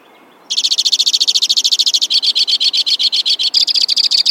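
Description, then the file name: White-winged crossbill song: a long, fast run of buzzy, rattling notes at high pitch, shifting tempo and tone partway through, about four seconds long. "suara-kicauan-burung-white-winged-crossbill -omkicau"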